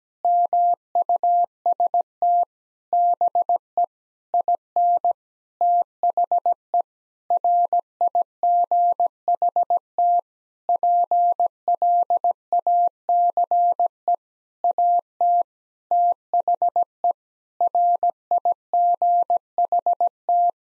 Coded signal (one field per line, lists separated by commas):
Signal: Morse code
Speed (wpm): 17 wpm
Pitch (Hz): 700 Hz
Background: none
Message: MUST BE IN THE RIGHT PLACE AT THE RIGHT